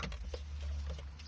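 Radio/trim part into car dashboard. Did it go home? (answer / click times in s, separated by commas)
no / none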